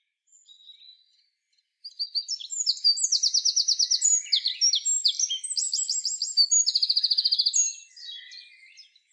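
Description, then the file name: Eurasian wren song: a loud, rapid outpouring of high, sharp notes with several fast buzzy trills, lasting about six seconds and ending in softer notes. "Troglodytes troglodytes"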